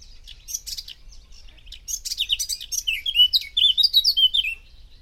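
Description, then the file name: Eurasian blackcap singing, a quiet scratchy twittering warble that swells into a bright, rich sequence of whistled, slurred notes toward the end. "Sylvia atricapilla"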